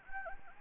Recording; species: mosquito wingbeat signal from an infrared sensor; Anopheles gambiae